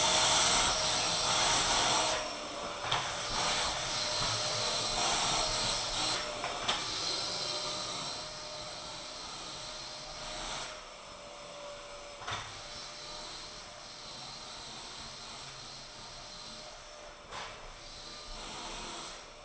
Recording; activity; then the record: daily activity, microphone in the room; vacuum cleaning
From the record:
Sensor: 5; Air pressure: 1002.1 hPa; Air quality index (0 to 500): 211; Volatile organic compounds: 21 ppm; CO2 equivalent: 2737 ppm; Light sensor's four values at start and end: 10/23/9/10 and 10/24/10/11